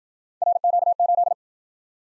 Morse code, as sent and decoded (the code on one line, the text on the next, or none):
.-. --.- ---..
RQ8